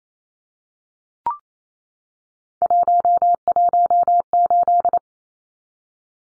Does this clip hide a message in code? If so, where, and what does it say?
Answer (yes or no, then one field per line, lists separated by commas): yes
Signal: Morse code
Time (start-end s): 2.6-5.0 s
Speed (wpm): 28 wpm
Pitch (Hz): 700 Hz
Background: none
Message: 118